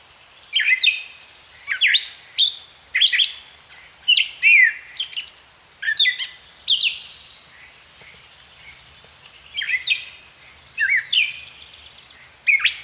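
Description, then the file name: Gray catbird song of varied slurred and squeaky phrases, a short pause midway, then more jumbled notes, with a thin continuous high whine in the background. "Gray Catbird - Dumetella carolinensis"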